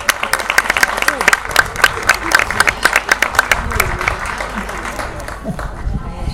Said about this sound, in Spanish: Un aplauso para todas. Un aplauso para todas nosotras, entonces.